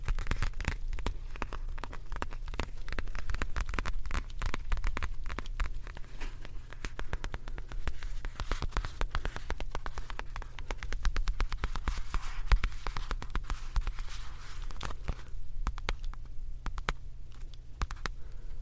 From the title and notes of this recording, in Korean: ASMR 클리오 퍼프 , 파우치 소리 가득.